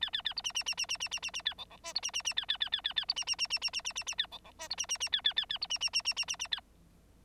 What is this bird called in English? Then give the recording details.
Bengalese Finch. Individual Bird9